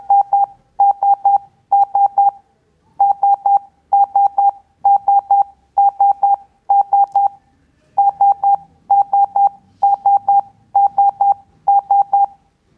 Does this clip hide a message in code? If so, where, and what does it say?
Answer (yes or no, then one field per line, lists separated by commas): no